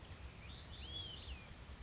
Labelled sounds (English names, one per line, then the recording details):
Olive-sided Flycatcher
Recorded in Sonoma County, California